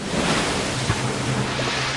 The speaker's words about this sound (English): tossed by the waves, for the wind was contrary.